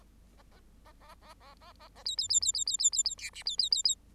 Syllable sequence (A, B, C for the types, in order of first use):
A A A A A A A A A B B B B B B B B B C D B B B B